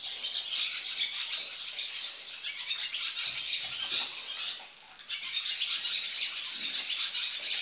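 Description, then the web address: Barn swallow twittering song, fast chatter of high notes with a brief pause near five seconds before the twitter resumes. On telephone wires; in a barn. "Swedish Bird Songs Ladusvala, Hirundo rustica"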